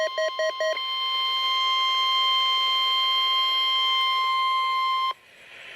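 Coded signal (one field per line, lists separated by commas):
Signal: Emergency Alert System (SAME) tones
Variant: 1050 Hz attention tone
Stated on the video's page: Required Weekly Test from a NOAA weather radio station in St. Louis, Missouri.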